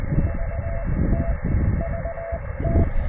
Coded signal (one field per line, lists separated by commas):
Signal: Morse code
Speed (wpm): 22 wpm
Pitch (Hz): 690 Hz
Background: none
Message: VT VT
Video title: Fast & Simple QRP POTA: Table Rock Fish Hatchery with the TR-45L and AX3!